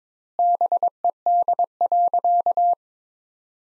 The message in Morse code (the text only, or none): BED.